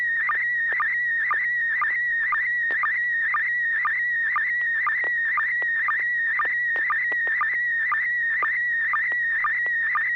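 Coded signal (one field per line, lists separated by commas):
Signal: SSTV (slow-scan television)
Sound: warbling, chirpy tone sweeping around mid-pitch with a steady rhythmic tick about twice per second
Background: low mains hum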